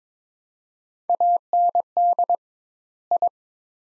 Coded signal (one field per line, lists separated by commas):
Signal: Morse code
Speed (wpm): 21 wpm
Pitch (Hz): 700 Hz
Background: none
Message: AND I